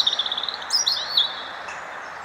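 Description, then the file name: European robin giving a thin, high warbled phrase, a rapid stuttering run of notes followed by sliding, tinkling trills, over a soft steady background hiss. "Erithacus rubecula"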